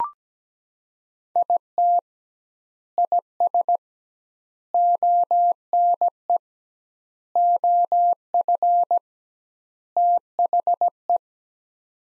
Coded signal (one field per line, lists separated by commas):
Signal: Morse code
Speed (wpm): 17 wpm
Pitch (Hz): 700 Hz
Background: none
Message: IT IS ONE OF THE